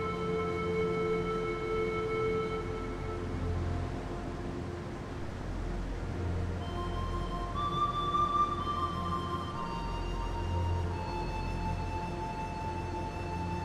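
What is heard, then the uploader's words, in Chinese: A steady rush of flowing water fills the forest scene, dense and constant throughout. Over it a bamboo flute plays long, slow held notes, shifting to a higher phrase around the middle and settling into another sustained tone near the end. 森林中的流水水聲與竹笛的聲音結合。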